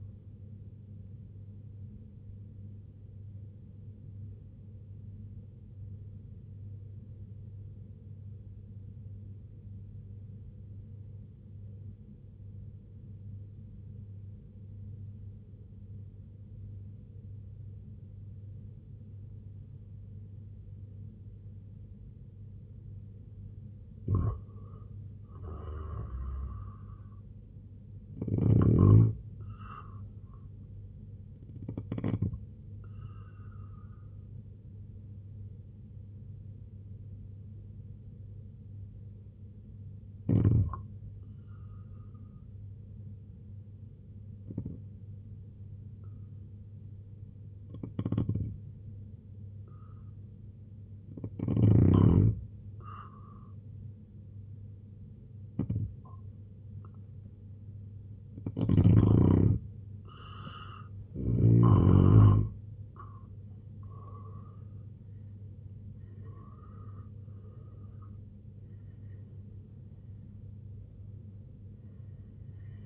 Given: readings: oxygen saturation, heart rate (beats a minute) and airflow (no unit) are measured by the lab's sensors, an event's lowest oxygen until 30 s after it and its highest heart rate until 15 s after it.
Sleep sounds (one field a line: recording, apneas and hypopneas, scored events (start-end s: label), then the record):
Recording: breathing in sleep by a smartphone at the bedside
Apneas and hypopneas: 2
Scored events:
3.00-24.90 s: obstructive apnea (N2, oxygen 95% highest, then 88% lowest, heart rate 66 at the start, 83 highest)
36.00-63.30 s: hypopnea (N2, oxygen 92% highest, then 85% lowest, heart rate 67 at the start, 93 highest)
59.00-72.86 s: new sleep stage, N1 (lightest sleep)
From the record:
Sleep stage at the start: N2 (light sleep)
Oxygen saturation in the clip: 86 to 95%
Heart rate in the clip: 64 to 93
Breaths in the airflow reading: 9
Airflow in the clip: -8.9 to 10.3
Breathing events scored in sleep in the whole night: 258 in 7.4 hours asleep